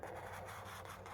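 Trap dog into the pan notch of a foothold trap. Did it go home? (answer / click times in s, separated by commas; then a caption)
no / none. A steel double longspring foothold trap is handled while being set, with the trap dog placed over the filed pan so that lowering the pan will click the dog into the night-latch slot in the pan notch, keeping the pan level and set right. A steady rubbing, scraping sound runs throughout, with brief sharp sounds near 0.0 and 1.1 seconds. Nothing has seated or clicked yet.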